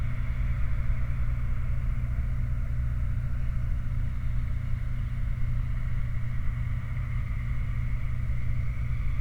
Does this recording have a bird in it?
no